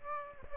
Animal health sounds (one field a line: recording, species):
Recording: mosquito wingbeat signal from an infrared sensor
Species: Aedes aegypti